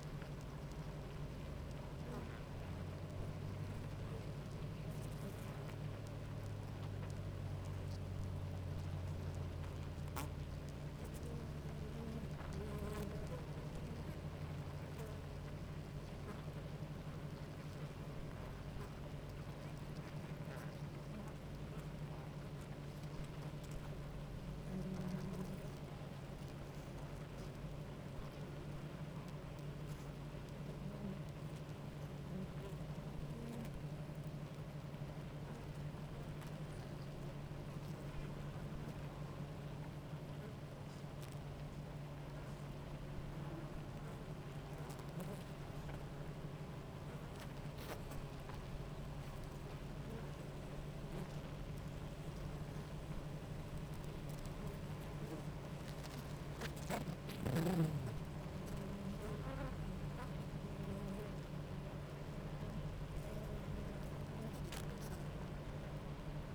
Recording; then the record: honeybee colony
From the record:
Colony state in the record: active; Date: 28 July 2017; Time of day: 10:05